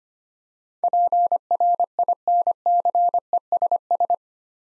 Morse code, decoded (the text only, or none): PRINCESS